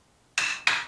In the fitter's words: You hear that click with this bar.